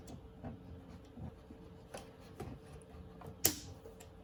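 A rear turn signal bulb is worked back into its tail lamp socket in a tight space on a 2010 Challenger 6.1, with faint scraping and ticking handling sounds. One sharp knock lands at 3.5 seconds, but the bulb is not all the way in and still needs a final push.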